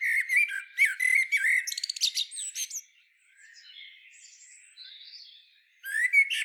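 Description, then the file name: Common blackbird song phrase of fluty warbling ending in thin, squeaky twitters, then faint bird sounds before another phrase begins at the end. "Turdus merula"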